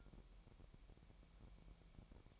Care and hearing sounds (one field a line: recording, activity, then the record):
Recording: daily activity, microphone in the room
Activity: take from stove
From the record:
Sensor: 1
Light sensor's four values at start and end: 75/178/76/81 and 75/177/76/81